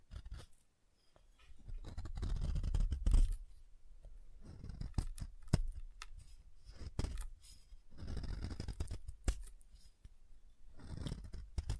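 Soap being carved and tapped, with short crisp cuts and scrapes scattered through the twelve seconds and sharp clicks near five and a half seconds. Low thuddy rumbles swell around two to three seconds and again near eight and eleven seconds, between quieter pauses.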